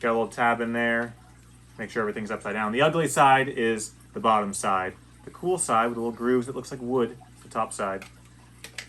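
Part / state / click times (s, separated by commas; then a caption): plastic base section into adjoining base section of turtle basking platform / seated / 8.6 s, 8.8 s. Two plastic base sections of a Penn-Plax Reptology Floating Turtle Pier and Basking Platform are pushed together at a tab, with the sections set upside down. Someone talks through most of the clip, then two sharp ticks sound at 8.6 and 8.8 seconds as the plastic platform piece snaps into place, seated.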